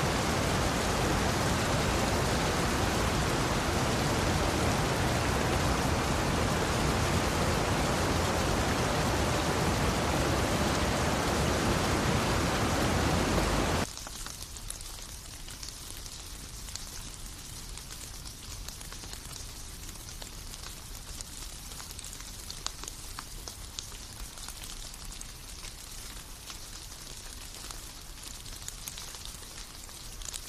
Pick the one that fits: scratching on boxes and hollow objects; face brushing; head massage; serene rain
serene rain